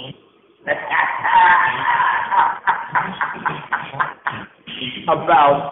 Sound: audible crazy laughter